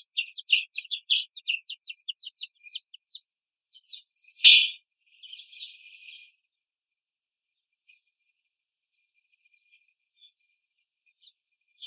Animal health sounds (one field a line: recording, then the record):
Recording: young laying hens in a cage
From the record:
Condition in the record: after the stressor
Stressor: simulated dog barking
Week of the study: 1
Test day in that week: 1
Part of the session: 1